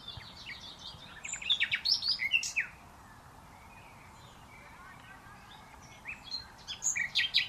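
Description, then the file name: Common nightingale song: a jumble of sharp, varied chirping notes, then a quiet stretch, with more scattered chirps returning toward the end. "Luscinia megarhynchos"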